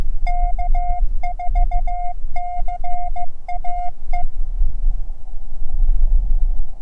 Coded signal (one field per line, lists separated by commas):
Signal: Morse code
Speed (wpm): 16 wpm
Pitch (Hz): 710 Hz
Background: none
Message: K4CAE